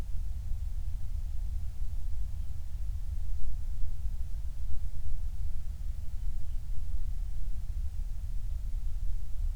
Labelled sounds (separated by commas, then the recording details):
near silence
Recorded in the Prudhoe Bay oil fields, Alaska, on 28 July 2019 at 06:00
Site 25